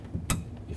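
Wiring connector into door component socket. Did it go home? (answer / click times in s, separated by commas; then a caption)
yes / 0.3 s. A wiring connector on a 2011–2017 Honda Odyssey, being replaced at the exterior door handle, is lined up and pushed into its door component socket in the door trim area. Low, creaky mechanical rustling leads up to one sharp, bright click at 0.3 s, then fades back to quiet handling noise. The connector snaps into place and is seated.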